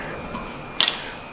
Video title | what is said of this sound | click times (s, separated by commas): Fuel Pump Replacement 1994-2004 Ford Mustang | this hose and you'll hear it snap all right snaps | 0.8 s, 0.9 s